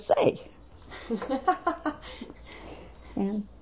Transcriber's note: laughs